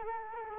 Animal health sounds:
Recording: mosquito wingbeat signal from an infrared sensor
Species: Culex quinquefasciatus

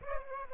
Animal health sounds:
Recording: mosquito wingbeat signal from an infrared sensor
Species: Aedes aegypti

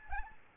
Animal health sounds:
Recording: mosquito wingbeat signal from an infrared sensor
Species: Aedes albopictus

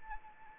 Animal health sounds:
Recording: mosquito wingbeat signal from an infrared sensor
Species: Anopheles arabiensis

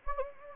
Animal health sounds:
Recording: mosquito wingbeat signal from an infrared sensor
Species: Anopheles gambiae

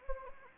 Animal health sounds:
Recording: mosquito wingbeat signal from an infrared sensor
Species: Anopheles arabiensis

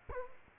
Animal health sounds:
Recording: mosquito wingbeat signal from an infrared sensor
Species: Culex quinquefasciatus

